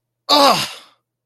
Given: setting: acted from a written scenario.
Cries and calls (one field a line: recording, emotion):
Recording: vocal sound without words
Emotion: anger